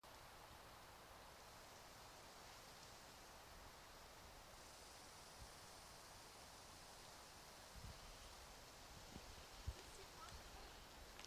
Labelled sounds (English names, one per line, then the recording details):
Red Squirrel call
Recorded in the wild
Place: Jasper National Park, Rocky Mountains, Alberta, CA
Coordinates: 52.8472, -118.077
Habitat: coniferous forest
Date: 1991-09-12 18:50
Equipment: Sony WM-D6C, Sony ECM-939 LT (Stereo), Kopie Uher 4400 IC
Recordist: Frommolt, Karl-Heinz